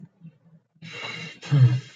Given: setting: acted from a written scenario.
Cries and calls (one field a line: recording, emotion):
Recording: vocal sound without words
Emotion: relief